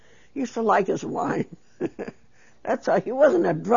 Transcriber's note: she laughs